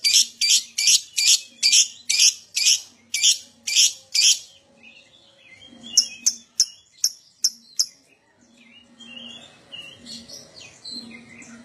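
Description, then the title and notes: Lovebird song: a fast run of loud, harsh high chirps at first, then thinner, sharper ticking notes and softer twittering toward the end; faint low hum. Adult lovebird, described as gacor (singing constantly) with an owor-owor song style. "LOVEBIRD GACOR OWOR OWOR. Lovebird Dewasa"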